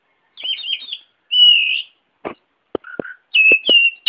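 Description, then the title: Oriental magpie-robin whistling a warbled phrase and a long clear note, followed by several sharp clicks and a short whistled ending. "suara kacer"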